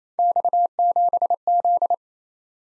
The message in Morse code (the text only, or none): X7Z